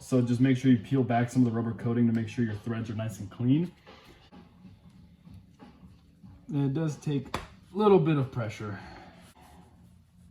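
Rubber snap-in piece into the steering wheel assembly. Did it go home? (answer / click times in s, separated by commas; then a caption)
no / none. Someone talks while installing a carbon fiber steering wheel on a Supra, peeling back rubber coating to clean the threads and pressing a rubber snap-in piece into the steering wheel assembly with some pressure. Quiet handling noise follows between stretches of talking. Nothing has seated or clicked yet by the end of the clip.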